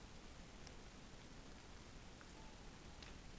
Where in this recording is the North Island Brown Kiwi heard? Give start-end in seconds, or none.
none